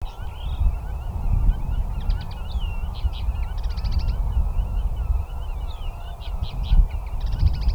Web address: kneu carduelis cannabina